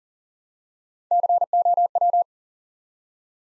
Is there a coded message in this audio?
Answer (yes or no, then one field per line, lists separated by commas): yes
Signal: Morse code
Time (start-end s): 1.1-2.2 s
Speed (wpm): 39 wpm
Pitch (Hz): 700 Hz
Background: none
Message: COW